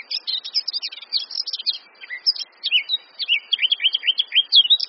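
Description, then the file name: Eurasian blackcap song, a continuous high warble of scratchy jumbled notes followed by a string of looping, liquid whistled phrases. "Sylvia atricapilla"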